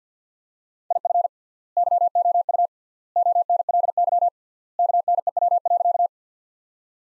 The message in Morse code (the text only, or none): IF YOU ONLY KNEW.